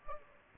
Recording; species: mosquito wingbeat signal from an infrared sensor; Aedes aegypti